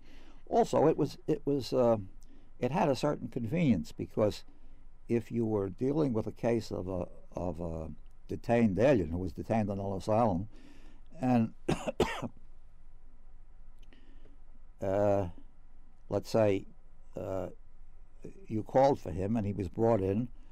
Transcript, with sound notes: Also, it was — it was — it had a certain convenience because if you were dealing with a case of a — of a detained alien who was detained on Ellis Island and — [coughs] let's say you called for him and he was brought in